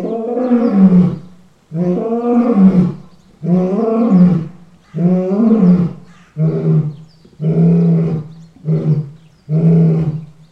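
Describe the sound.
Lion roars: several long, powerful moaning roars in steady succession, then shorter, clipped grunting roars following quickly one after another.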